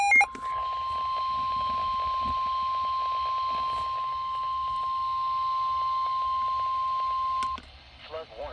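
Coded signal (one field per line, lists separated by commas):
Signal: Emergency Alert System (SAME) tones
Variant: 1050 Hz attention tone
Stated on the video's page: Two river flood warnings on NOAA Weather Radio station KHB31.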